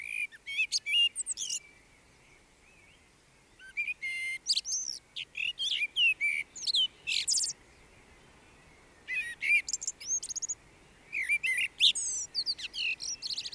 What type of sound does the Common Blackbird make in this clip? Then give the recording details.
song. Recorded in the wild. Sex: male. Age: adult. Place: Garmisch-Partenkirchen, Bayern, DE. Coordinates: 47.4928, 11.0761. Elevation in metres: 706. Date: 1968-04-24. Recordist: Tretzel, Erwin